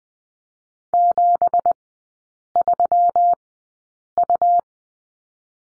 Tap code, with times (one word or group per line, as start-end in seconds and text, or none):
none